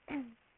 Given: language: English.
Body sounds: throat vibration sensor signal played as sound; throat clearing

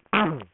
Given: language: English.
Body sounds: throat vibration sensor signal played as sound; throat clearing

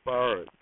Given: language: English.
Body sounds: throat vibration sensor signal played as sound; speech

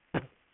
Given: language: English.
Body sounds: throat vibration sensor signal played as sound; cough

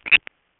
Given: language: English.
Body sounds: throat vibration sensor signal played as sound; swallow

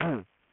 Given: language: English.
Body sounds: throat vibration sensor signal played as sound; throat clearing

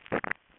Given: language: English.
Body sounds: throat vibration sensor signal played as sound; swallow

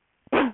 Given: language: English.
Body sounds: throat vibration sensor signal played as sound; cough

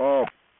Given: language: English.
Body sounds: throat vibration sensor signal played as sound; speech

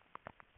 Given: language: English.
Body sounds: throat vibration sensor signal played as sound; swallow

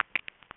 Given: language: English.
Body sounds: throat vibration sensor signal played as sound; swallow

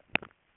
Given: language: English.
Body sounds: throat vibration sensor signal played as sound; swallow

